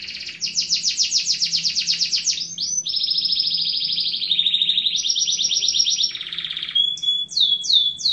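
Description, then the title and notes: Atlantic Canary song, a fast rolling trill giving way to sustained buzzy rattles at stepped pitches, ending in sliding whistles. Canary master song, a tutor recording used for training other canaries. "Suara Burung Kenari Masteran. master suara burung kenari mantap"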